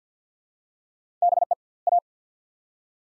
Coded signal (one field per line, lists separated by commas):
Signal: Morse code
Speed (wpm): 50 wpm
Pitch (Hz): 700 Hz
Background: none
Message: BE A